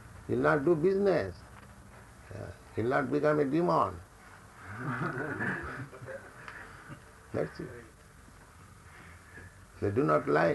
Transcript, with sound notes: He'll not do business. He'll not become a demon." [laughter] That's it. They do not like.